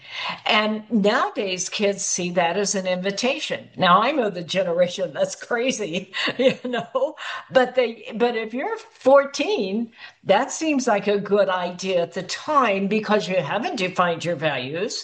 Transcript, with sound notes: And nowadays, kids see that as an invitation. Now, I'm of the generation that's crazy, (laughs) you know? But they... But if you're 14, that seems like a good idea at the time because you haven't defined your values,